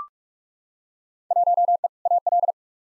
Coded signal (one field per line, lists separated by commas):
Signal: Morse code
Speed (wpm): 41 wpm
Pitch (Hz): 700 Hz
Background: none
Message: 1E AL